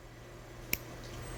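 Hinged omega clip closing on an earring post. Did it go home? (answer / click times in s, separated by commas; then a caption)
yes / 0.7 s. The hinged omega back of a silver hoop earring is flipped up and closed onto the earring post, giving one sharp, bright click at 0.7 s over a quiet low hum. The omega back is seated and shut securely. A fainter tick follows at 1.4 s.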